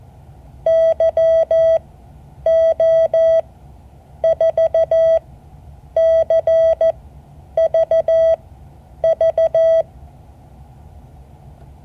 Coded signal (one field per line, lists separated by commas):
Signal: Morse code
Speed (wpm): 14 wpm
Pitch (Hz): 650 Hz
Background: none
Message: YO4CVV